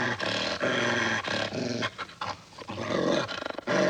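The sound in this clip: Dog giving deep rattling growls, broken by a short quieter gap midway before resuming.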